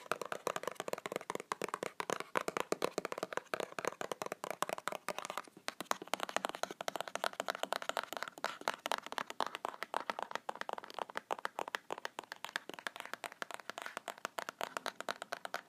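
A box of nails is tapped and scratched in a fast, dense run of sharp clicks and rattles that continues for the whole stretch. The sound is bright and scrapy with little low end, and it thins briefly around five and a half seconds before picking back up.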